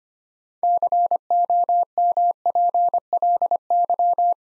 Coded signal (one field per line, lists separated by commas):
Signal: Morse code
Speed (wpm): 26 wpm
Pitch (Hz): 700 Hz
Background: none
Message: COMPLY